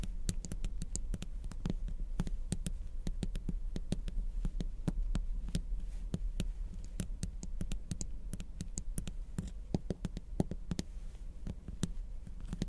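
Crystals and beads are tapped in a quick, uneven stream of sharp, bright clicks, several each second, running for the whole clip with only brief gaps. A steady low hum sits underneath throughout.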